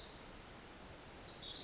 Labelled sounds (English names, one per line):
Pacific Wren